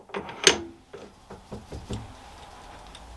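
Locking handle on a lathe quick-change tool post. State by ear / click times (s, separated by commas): seated / 0.5 s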